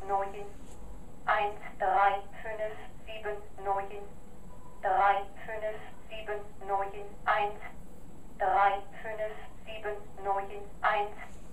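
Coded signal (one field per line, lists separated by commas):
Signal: numbers station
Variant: German female machine voice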